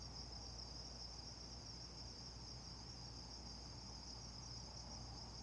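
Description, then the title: Insect chorus, an unbroken high shimmering trill, with a steady low droning hum underneath throughout. Insects before dawn in Carefree, Arizona, with air conditioners thrumming. "Carefree Arizona, Predawn insects, the occasional car and Coyote"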